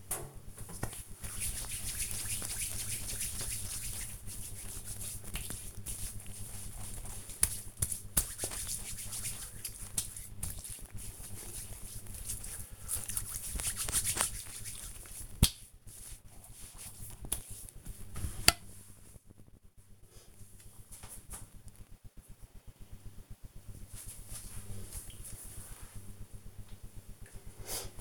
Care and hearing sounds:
household activities, microphone on the right wrist
0.00-18.45 s: cream hands

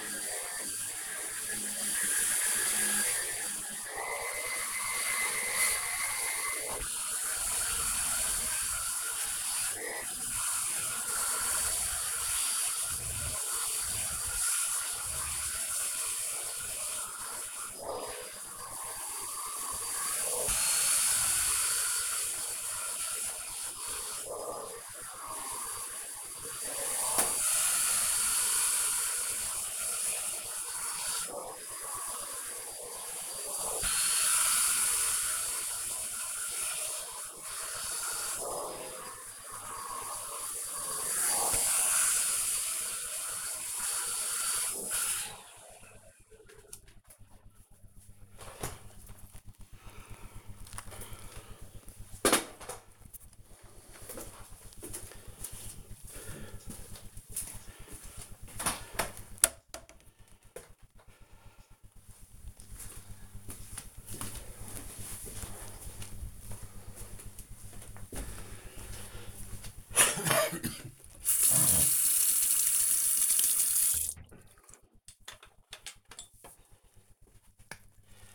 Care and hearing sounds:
household activities, microphone on the right wrist
0.00-45.57 s: vacuum cleaning
70.77-78.34 s: brushing teeth

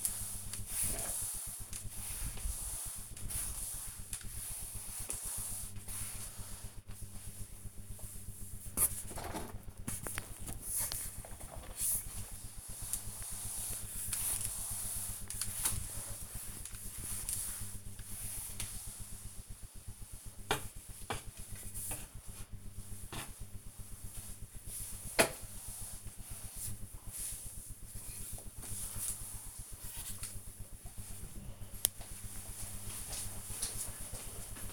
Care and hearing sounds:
household activities, microphone on the right wrist
0.00-29.81 s: floor cleaning

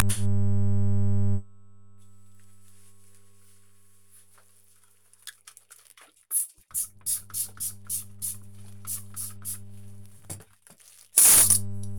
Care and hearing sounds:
household activities, microphone on the right wrist
6.59-11.99 s: cleaning table

